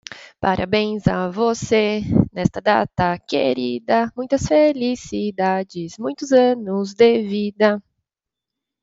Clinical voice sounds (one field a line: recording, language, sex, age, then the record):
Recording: short text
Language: Brazilian Portuguese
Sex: female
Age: 20 to 29 years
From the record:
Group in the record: control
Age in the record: 28 years